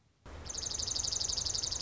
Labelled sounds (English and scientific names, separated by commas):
Dark-eyed Junco (Junco hyemalis)